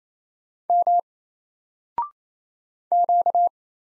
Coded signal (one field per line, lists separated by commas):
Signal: Morse code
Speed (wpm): 27 wpm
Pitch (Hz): 700 Hz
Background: none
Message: M Q